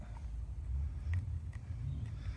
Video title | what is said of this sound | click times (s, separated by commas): BMW R1200GS 2008 Spark plug replacement | And you'll hear it click. Click release. See that? | 1.1 s